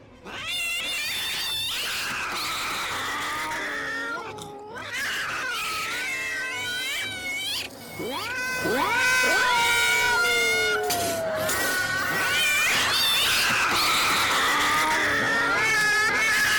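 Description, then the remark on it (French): Several cats caterwaul at once, a loud continuous tangle of wavering, high-pitched yowls that rise and fall in long sliding wails, growing more intense toward the end. “Ce ne sont que des chats.”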